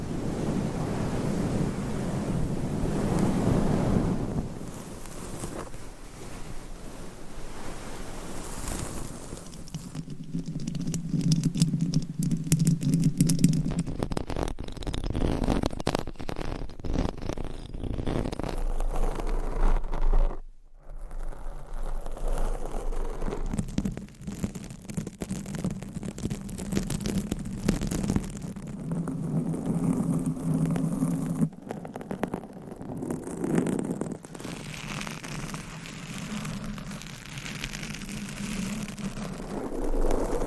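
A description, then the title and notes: Microphone scratching and rubbing, a dense rumbling scrape with bursts of crackle, a brief dropout near twenty seconds, then more handling noise. ASMR Mic Scratching That Changes Every 5 Seconds. No Talking.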